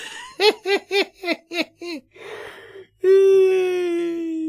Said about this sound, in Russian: Проговорила кухарка, засмеялась и перешла в громкую зевоту.